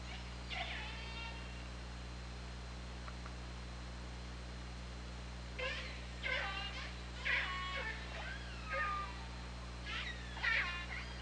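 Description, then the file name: Killer whale calls, several bursts of pulsed, harmonic-rich calls with bending tones, some paired, over steady low hum. Recorded by OrcaLab hydrophone on 24 August 2017 at 21:38:47. "Orca Lab UTLN JASON 20170824 213847"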